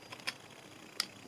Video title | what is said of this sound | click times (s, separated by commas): How to use your Stikboy PCP fill adapter to fill your Airgun | like that you'll hear it click and make sure it's secure okay so | 1.0 s